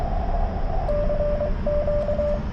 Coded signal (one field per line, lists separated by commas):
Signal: Morse code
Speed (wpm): 23 wpm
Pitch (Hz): 590 Hz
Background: radio noise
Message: CQ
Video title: CW POTA at US-4567 with the Yaesu 891